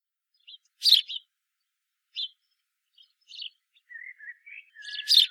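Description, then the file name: House sparrow with two loud harsh chirps at the start and end, and soft scattered notes and a low whistle in between. "Passer domesticus"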